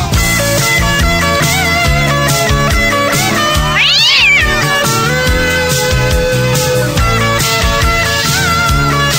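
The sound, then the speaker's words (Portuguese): A single drawn-out cat meow, rising and then falling in pitch, cuts through loud, busy music with a steady pounding beat about midway through. “Égua do gato enjoado.”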